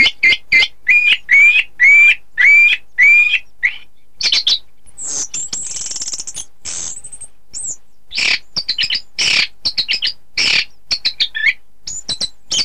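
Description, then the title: Thrush song opening with a series of rising whistled notes repeated about every half second, then a hissing rasp and a varied jumble of high chirps and twittering phrases. "Suara Burung Anis"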